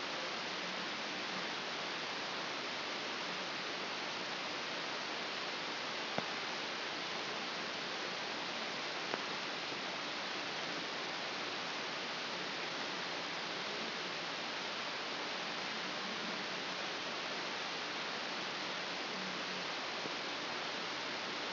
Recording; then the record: brain microelectrode recording played as sound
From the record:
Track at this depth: inside the subthalamic nucleus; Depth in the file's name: 4.32 mm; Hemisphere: left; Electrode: 2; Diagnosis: Parkinson's disease